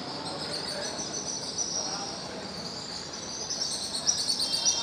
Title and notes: Kolong Walet. suara dari anggota keluarga Burung Walet yang bersarang di sudut-sudut beton bawah Jembatan Pasar Sentral Pangkajene